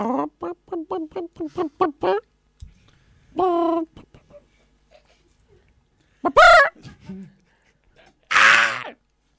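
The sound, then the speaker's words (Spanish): A chicken clucks in a quick run of about nine short, evenly spaced notes, then gives a few louder, drawn-out squawks separated by pauses, the last one harsh and screechy. “Se censura también a las gallinas. Parece un puto corral esta puta mierda.”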